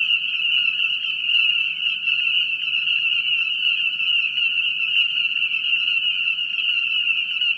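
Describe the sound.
Frog calling with a sustained high trill and quick, rhythmic lower clicks repeating throughout.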